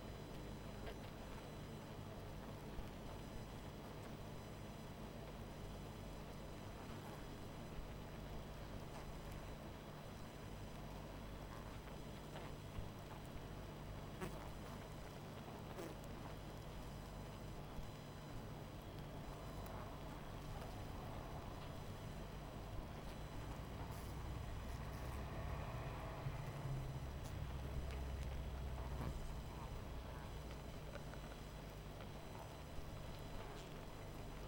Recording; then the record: honeybee colony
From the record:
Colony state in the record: missing queen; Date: 14 July 2017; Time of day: 20:35